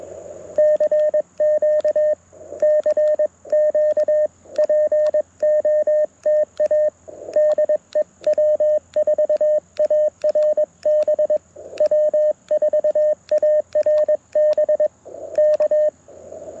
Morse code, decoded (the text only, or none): CQ CQ POTA DE W4ARB W4ARB K